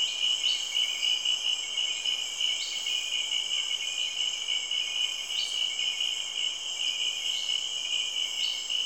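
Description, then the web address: Insects trilling in a constant high shrill chorus, several callers overlapping, with short chirps repeating at irregular intervals over the trill. Recorded in Cameroon, Africa. "BBC Sound Effects Library. Cameroun, Insects"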